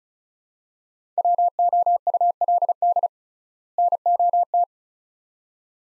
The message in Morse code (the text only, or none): WOULD NOT